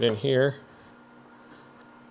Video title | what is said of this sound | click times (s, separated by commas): SHARK PRO STEAM POCKET MOP UNBOXING DEMONSTRATION AND REVIEW | and you want to line it up with a notch right on that one which i did not do and that's why i didn't go on | none